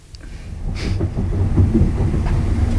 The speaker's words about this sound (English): Well, the train is pulling into London Paddington right now, and the time is 5:40.